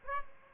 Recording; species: mosquito wingbeat signal from an infrared sensor; Aedes albopictus